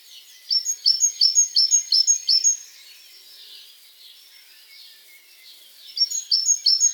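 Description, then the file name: Great tit song: strong rhythmic series of high paired notes, about eight repeats, a pause with faint background birds, then the series starts again. "Parus major"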